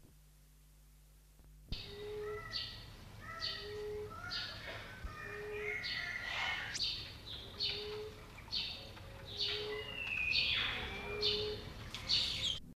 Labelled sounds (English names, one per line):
Common Emerald Dove call